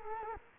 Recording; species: mosquito wingbeat signal from an infrared sensor; Culex quinquefasciatus